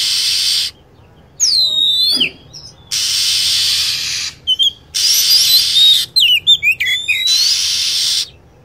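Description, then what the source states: Lovebird calls: shrill descending whistled sweeps with harmonics, in bursts between long blocks of loud, steady high hiss. Lure sound used to attract lovebirds.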